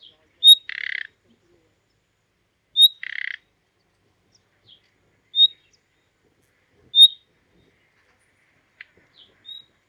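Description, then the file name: Common nightingale singing two phrases that pair a clear whistled note with a brief buzzy rattle, followed by several lone whistles, in a quiet setting. "Luscinia megarhynchos"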